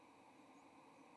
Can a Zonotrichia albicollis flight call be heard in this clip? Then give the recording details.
no. Another species' flight call is heard. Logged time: 07:13 on 30 October 2014